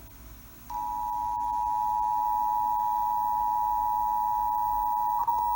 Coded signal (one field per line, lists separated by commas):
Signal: Emergency Alert System (SAME) tones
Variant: 853 and 960 Hz attention tone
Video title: One Night=Lots Of Warnings...EAS Alerts From August 27, 2020 (EAS# 441-453)